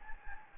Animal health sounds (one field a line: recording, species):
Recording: mosquito wingbeat signal from an infrared sensor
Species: Anopheles gambiae